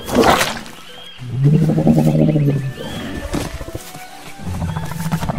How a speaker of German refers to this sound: Der Nachtschatten würgt den Fisch wieder hoch und lässt ihn in Hicks Schoß fallen.